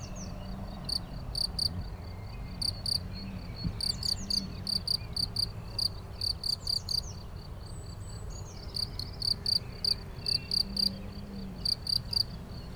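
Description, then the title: Cricket song in clusters of a few high pulsed chirps separated by short pauses, with faint bird notes and low background rumble. Single cricket, among the first crickets of the season, heard intermittently for a few days, Chindrieux, France. "Chindrieux, France - grillon seul"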